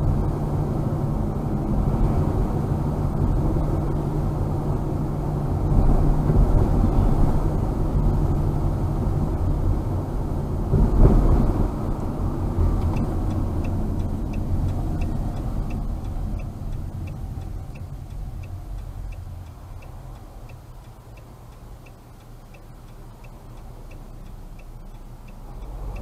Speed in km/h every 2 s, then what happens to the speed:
47, 46, 46, 45, 45, 43, 39, 34, 27, 22, 16, 9, 7.
0-9 steady at about 46. 9-26 slows to 7.